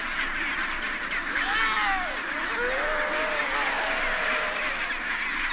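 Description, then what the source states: Chinstrap penguins in chorus, several clear, drawn-out cries rising and falling over a dense background of harsh squawking. Recorded at a rookery.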